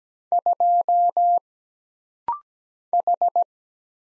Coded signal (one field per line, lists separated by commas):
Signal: Morse code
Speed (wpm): 17 wpm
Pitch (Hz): 700 Hz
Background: none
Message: 2 H